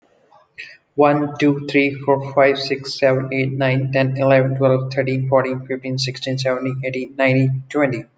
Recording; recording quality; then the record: counting at a fast pace; excellent, no background noise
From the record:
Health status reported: healthy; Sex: male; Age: 28 years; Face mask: not worn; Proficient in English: yes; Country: India